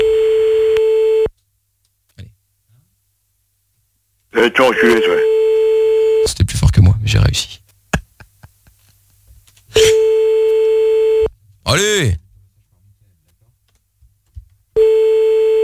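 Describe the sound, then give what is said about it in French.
A steady, mid-pitched telephone calling tone repeats in long bursts with pauses between them as a man is called back, and it is never answered. People talk and laugh in the gaps between the rings. “Il veut plus nous parler. Non.”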